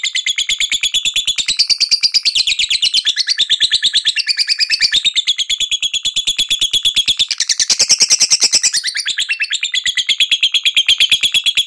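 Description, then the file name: Lovebird ngekek trill: a continuous rapid shrill chattering, pulsing fast and steady throughout, with slight pitch wavering and no other sounds. Ngekek trill song style. "suara burung lovebird ngekek"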